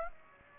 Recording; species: mosquito wingbeat signal from an infrared sensor; Aedes aegypti